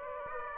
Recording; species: mosquito wingbeat signal from an infrared sensor; Aedes aegypti